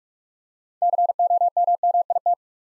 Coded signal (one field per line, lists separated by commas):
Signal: Morse code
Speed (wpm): 44 wpm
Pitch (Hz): 700 Hz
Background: none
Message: COMMIT